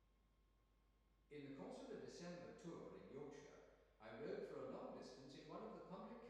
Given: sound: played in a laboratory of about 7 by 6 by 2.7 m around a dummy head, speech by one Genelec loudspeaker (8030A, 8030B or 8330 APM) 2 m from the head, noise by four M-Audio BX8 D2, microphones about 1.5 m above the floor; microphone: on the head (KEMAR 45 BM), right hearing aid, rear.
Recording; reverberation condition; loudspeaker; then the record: male speech in English; high; 30 degrees to the left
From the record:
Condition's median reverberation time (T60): about 1300 ms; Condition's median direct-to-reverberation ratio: about -4.0 dB